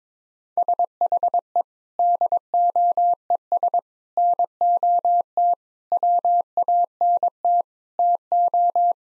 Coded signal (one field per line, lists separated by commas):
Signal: Morse code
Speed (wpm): 22 wpm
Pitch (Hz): 700 Hz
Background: none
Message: SHE DOES NOT WANT TO